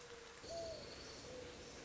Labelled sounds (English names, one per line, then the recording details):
Mourning Dove
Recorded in Sonoma County, California